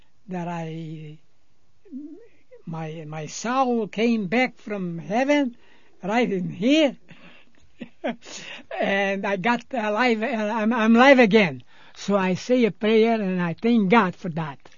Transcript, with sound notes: that I, my, my soul came back from heaven, right in here. (laughs) And I got a life, I'm live again. So I say a prayer and I thank God for that.